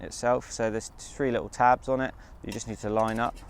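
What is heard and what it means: Someone talks while a Jetboil camping stove burner unit is being fitted onto its insulated cooking mug by lining up three small tabs. The burner is handled into position, but nothing has seated or clicked yet.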